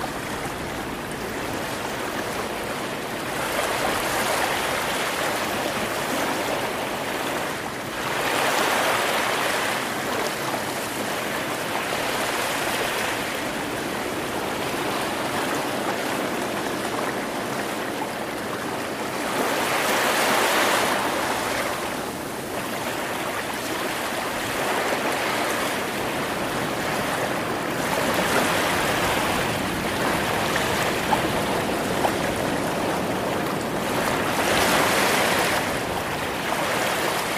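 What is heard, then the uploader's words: Ocean waves wash in a steady, dense hiss of water with no quiet gaps. Brighter surges swell and fade every few seconds, strongest around 8, 20 and 35 seconds, over a constant low rumble from distant surf. Secret Beach Ocean Waves White Noise.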